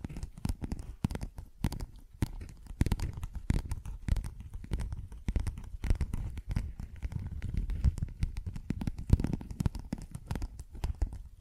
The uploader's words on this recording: ASMR Tapping, Scratching & Zipper Sounds.